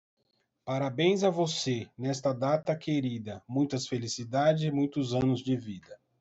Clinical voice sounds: short text; Brazilian Portuguese; male; 40 to 49 years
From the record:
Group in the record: control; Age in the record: 46 years

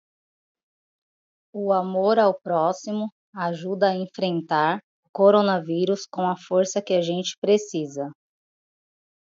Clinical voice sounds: spoken sentence; Brazilian Portuguese; female; 30 to 39 years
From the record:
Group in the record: control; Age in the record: 33 years

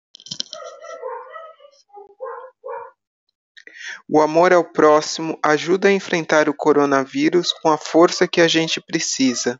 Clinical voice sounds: spoken sentence; Brazilian Portuguese; female; 50 to 59 years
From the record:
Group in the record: control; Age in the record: 51 years

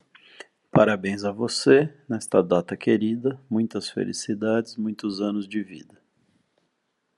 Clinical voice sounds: short text; Brazilian Portuguese; male; 40 to 49 years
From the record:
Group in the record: control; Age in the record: 40 years

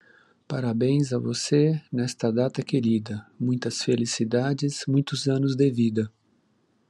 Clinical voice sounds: short text; Brazilian Portuguese; male; 50 to 59 years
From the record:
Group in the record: control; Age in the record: 56 years

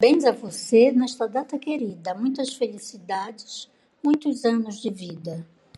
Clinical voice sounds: short text; Brazilian Portuguese; female; 60 to 69 years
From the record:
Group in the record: control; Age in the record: 66 years

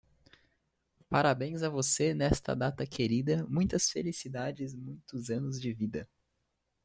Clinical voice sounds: short text; Brazilian Portuguese; male; 20 to 29 years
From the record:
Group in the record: control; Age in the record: 22 years

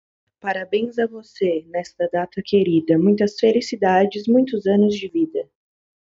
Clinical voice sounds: short text; Brazilian Portuguese; female; 20 to 29 years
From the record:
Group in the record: control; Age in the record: 21 years

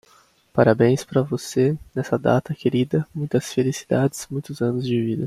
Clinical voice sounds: short text; Brazilian Portuguese; male; 20 to 29 years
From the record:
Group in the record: control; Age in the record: 23 years

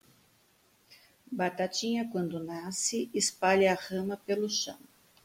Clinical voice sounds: short text; Brazilian Portuguese; female; 50 to 59 years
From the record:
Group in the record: control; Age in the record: 58 years

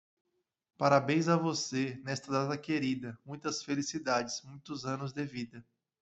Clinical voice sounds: short text; Brazilian Portuguese; male; 40 to 49 years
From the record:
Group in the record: control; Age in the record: 41 years

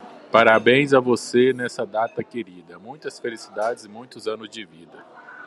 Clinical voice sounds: short text; Brazilian Portuguese; male; 40 to 49 years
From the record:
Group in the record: control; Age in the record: 42 years

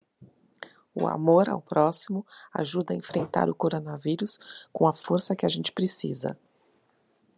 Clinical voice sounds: spoken sentence; Brazilian Portuguese; female; 40 to 49 years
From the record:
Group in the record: control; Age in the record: 41 years

